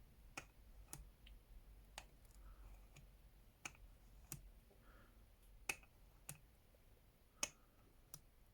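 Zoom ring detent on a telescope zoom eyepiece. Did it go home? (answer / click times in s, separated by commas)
yes / 0.4 s, 3.7 s, 4.3 s, 5.7 s, 6.3 s, 7.4 s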